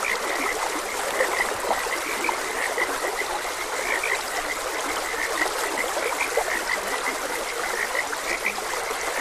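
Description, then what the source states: Many frogs calling together in a busy chorus of short piping croaks over a constant rush of running water. Frogs croaking beside a gentle stream.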